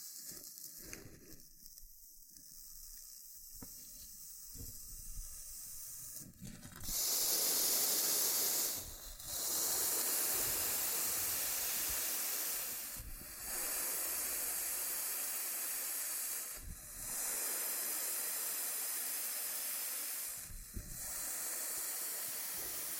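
Loofah sounds start soft, with sparse light taps and crackles for the first six seconds. Then a loud, bright, hissing scrub takes over in long steady stretches, broken by brief pauses roughly every four seconds, near 9, 13, 16 and 20 seconds.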